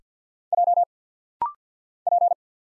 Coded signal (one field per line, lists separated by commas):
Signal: Morse code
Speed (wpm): 48 wpm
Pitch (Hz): 700 Hz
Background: none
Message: J P